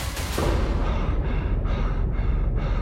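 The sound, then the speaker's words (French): Heavy, rapid panting of an exhausted, out-of-breath man, loud and breathy, with short rhythmic gasps coming roughly twice a second over a rough, noisy rush of air, and no talking. “Lorsqu'il arrive à sa forteresse, épuisé et tout essoufflé, il s'écroule comme une pierre au fond de son hamac.”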